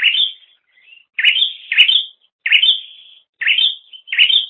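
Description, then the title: Bird giving loud sliding chirps, each rising then flattening into a short level tail, about six in a few seconds. "kikicau"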